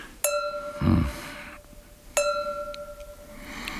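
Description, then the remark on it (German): A glass is struck twice, each tap giving a bright, sustained ring with clear overtones that slowly fades, the second strike following about two seconds after the first. “Was sagt uns gleich das Glas?”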